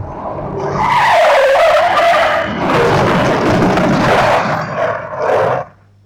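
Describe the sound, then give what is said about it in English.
Car tyres screech loudly in a long, sustained skid as the car brakes hard at a red light, a high wailing squeal with a shifting pitch and rough roar underneath, lasting several seconds before cutting off abruptly. “Brake! The lights are red! Brake!”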